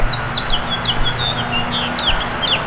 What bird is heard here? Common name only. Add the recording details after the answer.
House Finch. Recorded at Babylon on Long Island, New York, on 18 May 2013. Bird F